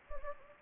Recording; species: mosquito wingbeat signal from an infrared sensor; Anopheles gambiae